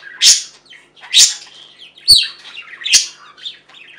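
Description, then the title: Budgerigar giving loud harsh squawks roughly once a second, four strong calls with softer chattering notes trailing between them. "Budgie Sounds"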